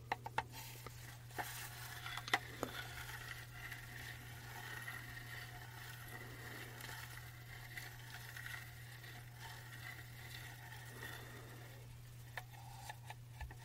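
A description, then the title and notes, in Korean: A trackball mouse being used, with a soft, scratchy rolling texture running through most of the clip. Sharp clicks come in a cluster during the first three seconds and again near the end. A steady low hum sits underneath throughout. ASMR 듣기 좋은 트랙볼 마우스 소리.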